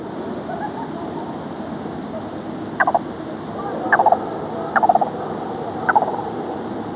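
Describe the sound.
Yellow-billed cuckoo calling: four short bursts of rapid, throaty clucking notes, roughly one second apart, over a steady background hiss.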